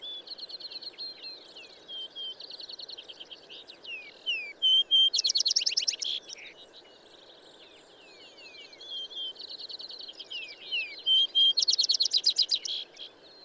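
Bird singing soft twittering phrases and slurred whistles that break into loud, rapid trills twice.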